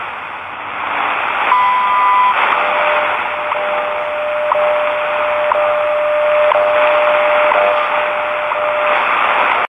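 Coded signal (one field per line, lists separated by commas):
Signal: radio time signal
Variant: WWV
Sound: steady mid tone over radio hiss, interrupted by a short tick every second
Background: radio static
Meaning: Each tick marks one second; the steady tone is WWV's standard audio tone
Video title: WWV, 10 MHz from San Francisco, California -- 3:12, 5 May 2020 (UTC)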